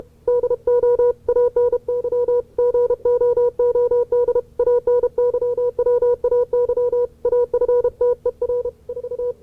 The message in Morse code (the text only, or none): DO ANY GOOD ANYWAY AFTER 4